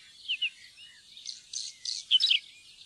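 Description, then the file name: Whinchat song: two quick high chirps, then a burst of scratchy, rattling notes building to a sharper, louder flourish near the end. "buskskvett"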